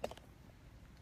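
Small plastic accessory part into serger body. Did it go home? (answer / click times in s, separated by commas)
yes / 0.0 s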